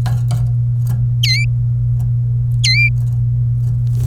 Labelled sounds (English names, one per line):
Domestic Canary song